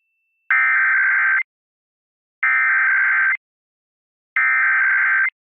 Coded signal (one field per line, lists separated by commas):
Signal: Emergency Alert System (SAME) tones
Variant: header bursts